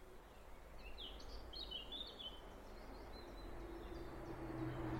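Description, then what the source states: Wood warbler song, a faint run of high thin notes over a low rumble of plane engine noise that grows louder toward the end. Wood warblers recorded in local woodland; a large military plane flew low overhead during the recording.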